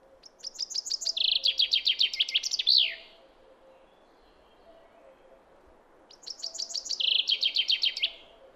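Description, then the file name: Common chaffinch singing two phrases: cascades of crisp notes falling in pitch, the first closed by an emphatic downslurred flourish. "Fringilla coelebs"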